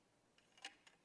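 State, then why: Not seated. A metal drive shaft is being handled and inserted into the rear of a surgical reamer assembly during an instrument assembly demonstration. Faint scraping and light ticks are heard near 0.4 s, a sharper brief tap at 0.65 s, and another soft rattle around 0.9 s over a quiet background. Nothing has seated or clicked into place yet.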